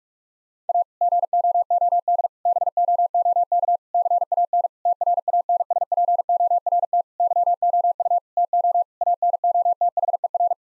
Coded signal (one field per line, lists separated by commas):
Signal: Morse code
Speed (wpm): 46 wpm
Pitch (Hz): 700 Hz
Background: none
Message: A GOOD BOOK CAN TRANSPORT YOU TO ANOTHER